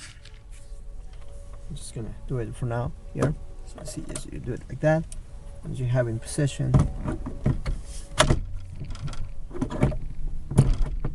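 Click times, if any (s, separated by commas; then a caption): none. Someone talks while using both hands to position a trim panel, a body or interior piece, on a KITT car replica, with a few soft knocks and handling taps, the sharpest near 7.7 s and 8.2 s. The panel is being worked toward its place, but nothing has seated or clicked yet.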